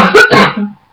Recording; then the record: coughing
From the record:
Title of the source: Barking cough - # 10